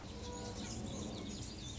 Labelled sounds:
Anna's Hummingbird
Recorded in Sonoma County, California

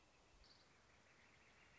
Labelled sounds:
Northern Flicker
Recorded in Sonoma County, California

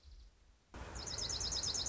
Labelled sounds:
Dark-eyed Junco
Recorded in Sonoma County, California

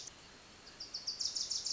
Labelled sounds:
Wilson's Warbler
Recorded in Sonoma County, California

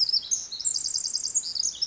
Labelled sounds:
Pacific Wren
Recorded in Sonoma County, California

